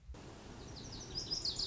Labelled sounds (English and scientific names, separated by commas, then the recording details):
Lazuli Bunting (Passerina amoena)
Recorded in Sonoma County, California